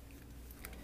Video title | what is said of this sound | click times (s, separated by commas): Moto X Accessories - 800-422-1814 - DiscountCell | and that will click right in and then your phone, open it up | 0.7 s